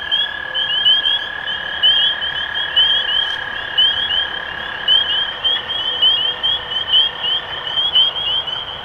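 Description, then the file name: Spring peepers in full chorus, piercing rising peeps overlapping constantly, while a steady lower tone holds for most and then stops. Recorded 23 March 2012. "Peepers-2012-0323"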